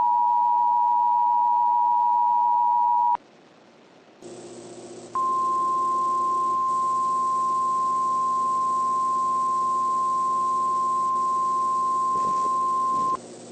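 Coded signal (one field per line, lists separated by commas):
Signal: Emergency Alert System (SAME) tones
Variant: 853 and 960 Hz attention tone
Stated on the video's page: Fictional EAS scenario of a flash flood in a Pokémon setting.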